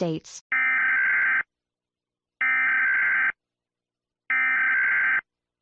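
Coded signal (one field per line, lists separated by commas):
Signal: Emergency Alert System (SAME) tones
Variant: header bursts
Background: speech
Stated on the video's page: Fictional EAS scenario.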